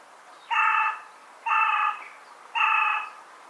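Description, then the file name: Carrion crow giving three rasping caws, each roughly half a second, repeated at steady one-second intervals against a quiet background. "Corvus corone"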